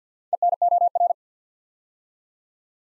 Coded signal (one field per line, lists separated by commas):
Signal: Morse code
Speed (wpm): 48 wpm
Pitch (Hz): 700 Hz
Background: none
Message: ENOR